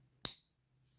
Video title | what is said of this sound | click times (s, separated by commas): Some vintage Case knives. | nice little click stiff action on the release here it's a full release bar | 0.2 s